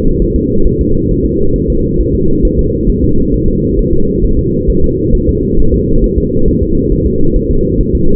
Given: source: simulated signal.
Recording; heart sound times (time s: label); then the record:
fetal heart sounds
0.22 s: S1
0.36 s: S2
0.67 s: S1
0.81 s: S2
1.11 s: S1
1.26 s: S2
1.56 s: S1
1.70 s: S2
2.00 s: S1
2.15 s: S2
2.45 s: S1
2.59 s: S2
2.90 s: S1
3.04 s: S2
3.34 s: S1
3.48 s: S2
3.79 s: S1
3.94 s: S2
4.24 s: S1
4.39 s: S2
4.70 s: S1
4.84 s: S2
5.15 s: S1
5.29 s: S2
5.60 s: S1
5.74 s: S2
6.04 s: S1
6.18 s: S2
6.48 s: S1
6.62 s: S2
6.92 s: S1
7.06 s: S2
7.36 s: S1
7.51 s: S2
7.81 s: S1
7.95 s: S2
From the record:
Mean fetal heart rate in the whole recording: 135 bpm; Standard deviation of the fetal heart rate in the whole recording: 3 bpm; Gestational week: 36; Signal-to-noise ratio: -17.7 dB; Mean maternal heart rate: 72 bpm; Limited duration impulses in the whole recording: present